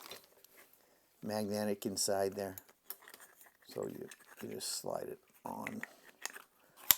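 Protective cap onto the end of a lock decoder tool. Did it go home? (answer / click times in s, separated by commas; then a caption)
yes / 6.9 s. Someone talks while sliding a small magnetic protective cap onto the end of a LockTech AccuReader smart key decoder tool for SC1 or KW1 keys. A few faint handling taps come between the words, then the cap seats with a sharp click at 6.9 seconds.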